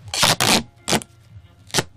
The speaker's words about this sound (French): Oh, c'est beau le son du scotch.